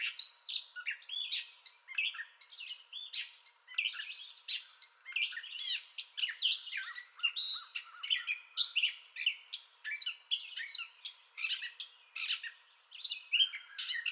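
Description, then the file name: Gray catbird in a sustained song bout, rapid string of varied whistles, squeaks and harsh chatters with very short pauses between phrases. Song bout, recorded 30 May 2021. "2021-05-30 Gray Catbird Song Bout"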